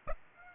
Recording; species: mosquito wingbeat signal from an infrared sensor; Aedes aegypti